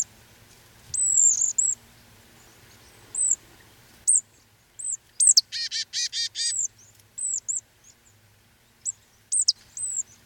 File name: Poecile palustris